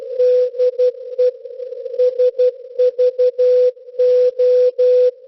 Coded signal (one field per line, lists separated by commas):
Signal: Morse code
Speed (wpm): 12 wpm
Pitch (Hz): 500 Hz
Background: music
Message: DE SVO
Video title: 8424 kHz (CW) - SVO Olympia Radio (20-08-2026) # #shortwaveradio #shortwave #svo